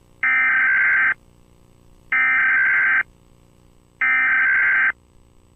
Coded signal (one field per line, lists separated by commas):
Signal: Emergency Alert System (SAME) tones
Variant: header bursts